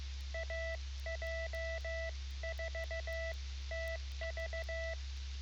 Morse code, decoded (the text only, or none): AJ4TV